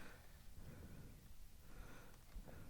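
Someone tries to snap the removable head of a plastic collector's figure statue back into place, but it has to be lined up with a small key on the back and is not aligned. Only soft breathing, sniffing and low handling rumble are heard, with no sharp transients. The head has not seated and nothing has clicked yet.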